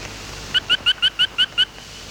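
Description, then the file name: Fry's frog call: seven brief whistled notes in rapid even succession over about a second, over soft continuous hiss. "Austrochaperina fryi"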